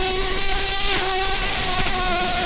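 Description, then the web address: Red-tailed bumblebee buzzing, a steady droning hum with stacked harmonics that waver slightly in pitch, over a loud constant hiss. Queens. "bumblebees learning set sounds Lapidarius-queens"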